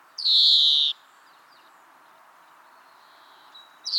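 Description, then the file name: European greenfinch giving one long, buzzy, nasal wheeze, with the start of a second wheeze at the very end. "Chloris chloris"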